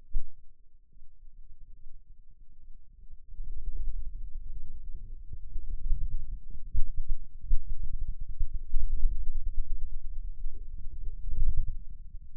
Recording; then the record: forearm muscle sounds (acoustic myography)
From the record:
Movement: inward rotation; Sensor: system 2, bracelet of six BSWA MPA416 microphones around the upper forearm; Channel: 1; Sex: male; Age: 22 years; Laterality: right